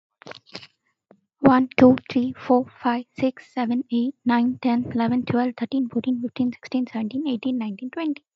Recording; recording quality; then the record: counting at a fast pace; excellent, no background noise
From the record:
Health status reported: exposed to COVID-19, no respiratory illness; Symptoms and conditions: none ticked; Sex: female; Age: 23 years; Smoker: not ticked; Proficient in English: yes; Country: India